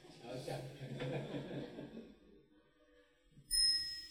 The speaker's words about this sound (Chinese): 那铃声嘛。再敲一声吧，你们敲个引磬吧。